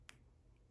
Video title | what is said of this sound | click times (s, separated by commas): Millennium Falcon build issues 6-10 | No, there heard it snap. | 0.1 s